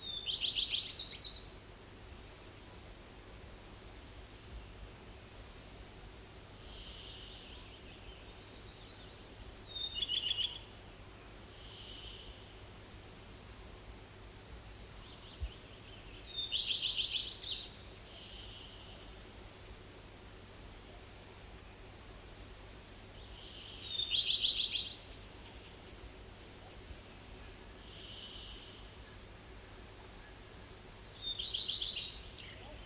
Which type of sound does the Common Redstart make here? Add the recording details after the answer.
song. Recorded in the wild. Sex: male. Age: adult. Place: Halbinsel Kindo, Karelien, RU. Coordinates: 66.5542, 33.1008. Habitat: taiga. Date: 1996-06-21. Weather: sunny, 12-15°C. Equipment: Sony WM-D6C, Sennheiser MKH 70, Popschutz. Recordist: Frommolt, Karl-Heinz